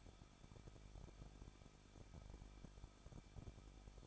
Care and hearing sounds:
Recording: daily activity, microphone in the room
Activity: no activity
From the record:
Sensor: 5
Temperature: 20.8 degrees Celsius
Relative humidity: 38.3%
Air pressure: 1006.4 hPa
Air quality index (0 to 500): 188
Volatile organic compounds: 19 ppm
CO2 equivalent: 2645 ppm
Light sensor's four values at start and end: 2/3/1/1 and 2/3/1/1

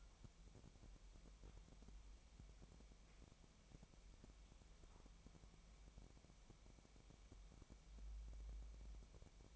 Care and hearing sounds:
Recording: daily activity, microphone in the room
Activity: wipe stove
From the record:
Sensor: 1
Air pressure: 1003.3 hPa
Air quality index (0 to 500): 199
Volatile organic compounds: 6 ppm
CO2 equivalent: 1902 ppm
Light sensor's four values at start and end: 10/25/10/12 and 10/25/10/12

